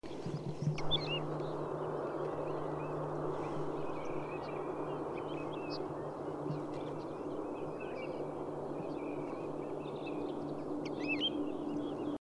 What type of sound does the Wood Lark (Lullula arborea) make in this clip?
call